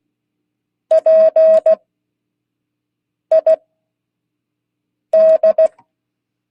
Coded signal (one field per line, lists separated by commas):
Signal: Morse code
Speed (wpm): 16 wpm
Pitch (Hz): 640 Hz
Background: none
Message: PID